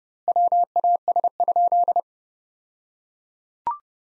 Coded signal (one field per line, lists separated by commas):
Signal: Morse code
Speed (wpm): 30 wpm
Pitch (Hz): 700 Hz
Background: none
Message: WAS?